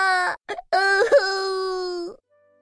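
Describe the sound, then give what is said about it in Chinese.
A voice imitates the crying of a bear in a children's story: two short choked sobs, then one long, loud, steady-pitched wail that trails off into silence. “他不停地哭着，哭得可伤心了。”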